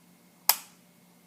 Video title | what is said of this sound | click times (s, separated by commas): Le80 by Lotus - Easiest UI for power | Your battery door is magnetic, so it doesn't just slide up, it actually snaps into place, and you can see that here. | 0.5 s